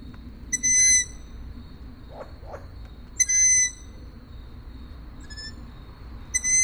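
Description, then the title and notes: Owl calls: drawn-out whistled squeaks, three loud ones roughly every three seconds with a fainter, shorter squeak between, over a steady high hiss. Owls, more than one, recorded at Židlochovice. "Sovy, Židlochovice, natočeno. Sovy v Židlochovicích, nahrál Tomáš Šenkyřík"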